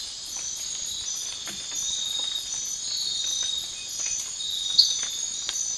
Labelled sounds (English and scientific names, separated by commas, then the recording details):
none
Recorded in dense forest near Puerto Asís, Putumayo, Colombia, on 12 March 2025 at 04:00
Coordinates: 0.500, -76.322
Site GP06